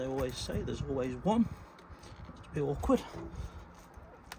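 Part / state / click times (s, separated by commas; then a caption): fuel pipe quick connector onto diesel fuel filter housing / not seated / none. On a Ford Focus Mk3.5 2.0 Duratorq diesel during a fuel filter replacement, a plastic fuel pipe quick connector is being handled to fit onto the diesel fuel filter housing while someone talks about the awkward fit. Only speech and faint handling noises are heard, with a brief small tick near 4.3 s. Nothing has seated or clicked yet.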